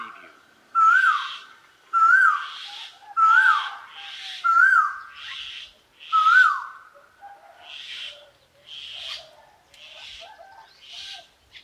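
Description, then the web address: Koel call: a clear whistled note dropping in pitch, repeated roughly every 1.3 seconds, five strong notes, each paired with a hissy burst, then only fainter hissy bursts. "the sound pack tree. koel bird call-loop"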